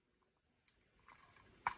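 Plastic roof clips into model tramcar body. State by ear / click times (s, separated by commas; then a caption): not seated / none. The plastic roof of a W&U/Titfield model tramcar is handled while its clips are lined up with the slots in the body to be pressed gently down. Faint light taps give way to a rising rustle of handling and one sharp short knock near the end. Nothing has seated or clicked yet.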